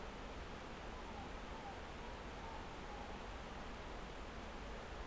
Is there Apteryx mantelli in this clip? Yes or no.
no